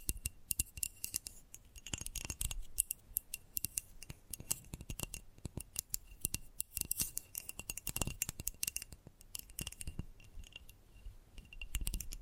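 Gentle tapping goes on throughout: quick, crisp, clicky taps in an irregular, fairly dense stream, some in rapid bursts and others spaced out. The taps have a hard, glassy edge. A faint steady high tone sits underneath the whole time.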